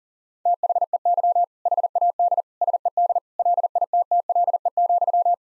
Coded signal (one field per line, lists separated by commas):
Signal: Morse code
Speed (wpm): 37 wpm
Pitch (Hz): 700 Hz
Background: none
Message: THEY HAD SED LITTLE,